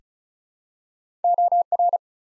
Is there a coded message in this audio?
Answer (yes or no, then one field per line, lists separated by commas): yes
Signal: Morse code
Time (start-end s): 1.2-2.0 s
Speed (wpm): 36 wpm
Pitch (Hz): 700 Hz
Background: none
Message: OR